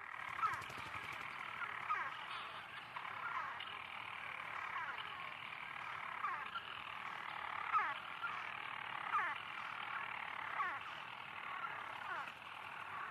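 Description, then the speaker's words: European Storm Petrels churring continuously, a dense purring band with recurring downward slurred notes. Many birds calling later at night on Skellig Rock's peak; birds inside the stonework call and answer, returning birds find mates, partners identified by call, navigating by sound. "Those calls and responses from birds within the stonework and returning birds finding where their mates are."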